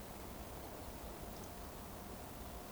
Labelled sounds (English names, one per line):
Eurasian Woodcock whistle